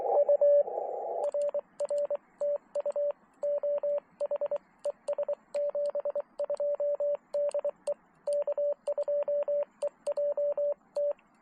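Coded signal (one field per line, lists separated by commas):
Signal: Morse code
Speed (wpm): 21 wpm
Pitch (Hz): 590 Hz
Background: radio noise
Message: U RR TU OH ES 72 DE K2EJT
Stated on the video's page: Park activation from a public beach on Tangier Island, Friday night.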